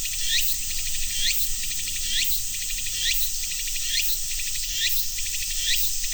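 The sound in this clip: Cicadas drone in a continuous high hiss while quick upswept chirps repeat about once per second.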